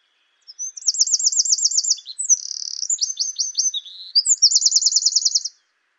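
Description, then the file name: Eurasian wren song: high, rapid rattling trills interleaved with buzzy notes and quick chirps, ending on another fast trill, a steady outpouring lasting about five seconds. "Troglodytes troglodytes"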